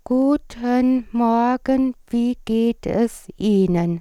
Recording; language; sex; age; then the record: spoken sentence; German; female; 50 to 59 years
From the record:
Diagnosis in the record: recurrent laryngeal nerve paralysis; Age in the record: 58 years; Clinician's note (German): Strumiprive Form li, paramedian, sehr gute Restbeweglichkeit, wenig dysphon